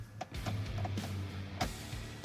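A new facelift headlight switch for a VW Polo Vivo / 9N / 9N3 (6C) is pushed by hand into its dashboard opening while music plays. Brief handling knocks come at about 0.2 s, 0.9 s and 1.6 s. Nothing has clipped into place or seated yet.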